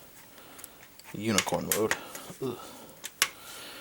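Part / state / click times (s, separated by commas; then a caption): plastic transforming part in the model kit body / not seated / none. Someone talks while pushing a plastic transforming part of a 1/35 Seraph Hobby Unicorn Banshee (limited first run) model kit body into unicorn mode, with faint ticks near 0.6 s and 1.0 s and two sharp taps at about 3.1 s and 3.2 s. The part will not stay in position and nothing holds it at the top, so nothing has latched or clicked.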